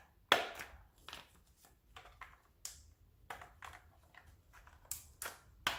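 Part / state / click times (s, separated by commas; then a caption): plastic food pouch spouts into pouch filling station holder / seated / 0.3 s, 2.7 s, 5.7 s. Three plastic food pouches are pushed one after another by their spouts into the slots of a plastic pouch filling station holder. Sharp plastic snaps are heard at 0.3 s, 2.7 s and 5.7 s, with softer clicks and rustling in between. All three pouches seat in the station.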